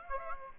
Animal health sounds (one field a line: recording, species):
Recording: mosquito wingbeat signal from an infrared sensor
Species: Aedes aegypti